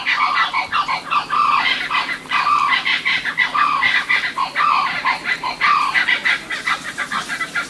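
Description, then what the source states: Blue-winged kookaburras in a raucous chorus of harsh, cackling notes, overlapping in repeated bursts throughout. A group calling wildly in a tree at a caravan park in Mount Isa, outback Queensland, Australia, just after sundown; sounds a little like a monkey, different from kookaburras further south.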